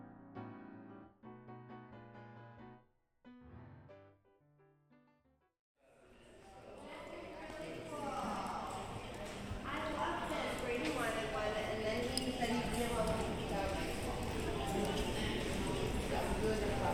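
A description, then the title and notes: Hotel lobby ambience opening with about six seconds of quiet, tinkling piano-like music broken by short pauses. Around six seconds a busy murmur of many voices fades up and stays dense, with scattered footsteps and light clatter mixed through the chatter. Port Orleans Riverside Binaural Hotel Lobby Ambience. The lobby.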